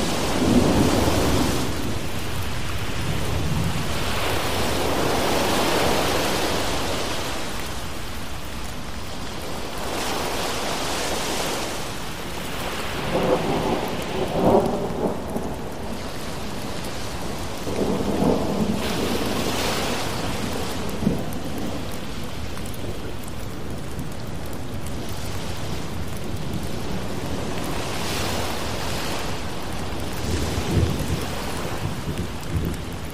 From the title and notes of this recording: Thunderstorm Rain Sounds With Ocean Waves.